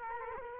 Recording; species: mosquito wingbeat signal from an infrared sensor; Culex quinquefasciatus